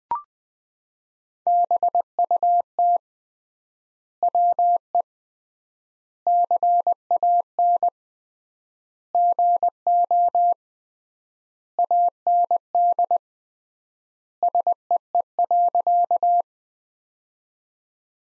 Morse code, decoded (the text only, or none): BUT WE CAN GO AND SEE.